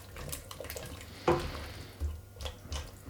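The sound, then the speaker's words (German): Warmed vegetable broth sloshes and swirls in a cooking pot as it is stirred in after deglazing, with soft wet churning, a sharp metallic clink of the spoon partway through, and a few gentle splashes. No one speaks. “Okay, dann rühren wir das schön durch, damit sich das schön verteilen kann.”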